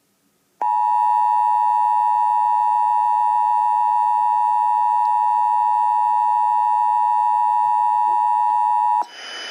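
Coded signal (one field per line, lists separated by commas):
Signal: Emergency Alert System (SAME) tones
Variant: 853 and 960 Hz attention tone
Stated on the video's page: Severe thunderstorm warning received on TV.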